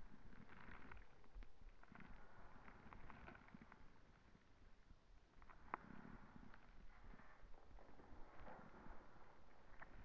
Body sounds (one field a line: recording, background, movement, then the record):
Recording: deep breathing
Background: quiet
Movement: sitting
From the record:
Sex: female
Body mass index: 18.3 kg/m2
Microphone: on the chest, facing the body